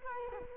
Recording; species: mosquito wingbeat signal from an infrared sensor; Culex quinquefasciatus